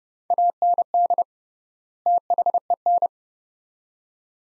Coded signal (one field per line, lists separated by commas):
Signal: Morse code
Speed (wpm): 30 wpm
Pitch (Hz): 700 Hz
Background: none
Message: AND THEN